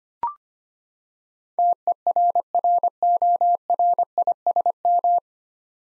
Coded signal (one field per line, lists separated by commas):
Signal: Morse code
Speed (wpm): 25 wpm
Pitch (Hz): 700 Hz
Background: none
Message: TERRORISM